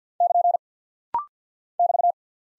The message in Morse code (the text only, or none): <KN> <BT>